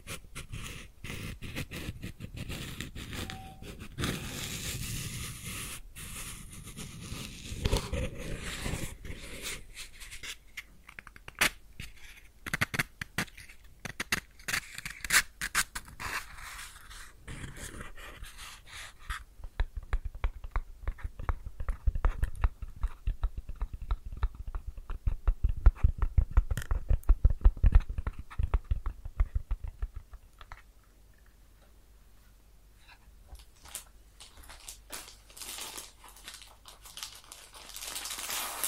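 A match flares with a bright hiss, then fire crackles in dense bursts that thin out, fade near thirty seconds, and sizzle back briefly.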